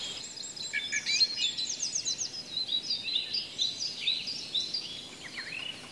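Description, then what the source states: Song thrush singing bright, varied whistled and chirpy phrases in a dawn chorus. In a dawn chorus at the lower end of the Storån river as the forest wakes after a silent night; loudest singer in the foreground, repeating each phrase two or three times.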